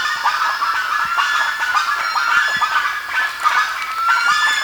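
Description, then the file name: Bird sounds in a loud, dense chorus of overlapping rough calls and squeaky tones, filling the whole stretch with little pause. "SABIOD 50 bird 2015"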